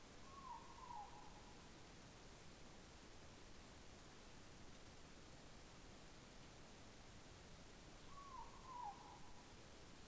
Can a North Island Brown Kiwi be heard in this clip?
no